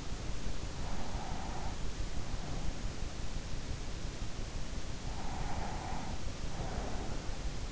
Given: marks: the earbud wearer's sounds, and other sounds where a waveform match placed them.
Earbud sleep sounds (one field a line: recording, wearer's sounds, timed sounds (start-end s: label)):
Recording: sounds in sleep by an in-ear microphone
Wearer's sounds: breath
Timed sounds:
0.70-2.87 s: breath
5.21-7.72 s: breath